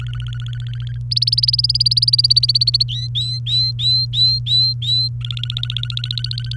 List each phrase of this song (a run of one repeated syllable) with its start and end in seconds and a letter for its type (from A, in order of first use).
0.00-0.98 A, 1.11-2.83 B, 2.88-5.08 C, 5.21-6.56 A